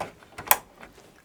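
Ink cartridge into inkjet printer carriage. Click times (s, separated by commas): 0.5 s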